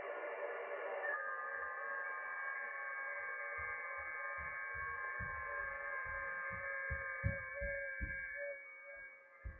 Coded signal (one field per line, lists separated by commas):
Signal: FT8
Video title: Danny Shortwave And Radio DX Live Stream #144 9/22/2024